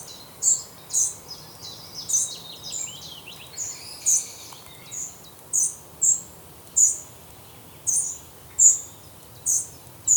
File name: Troglodytes troglodytes